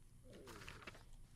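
A brief low gurgling rumble with a squeaky gliding tone from an adult's stomach: loud stomach gurgling (borborygmi), ordinary digestive noise, in a man who has been gurgling often lately.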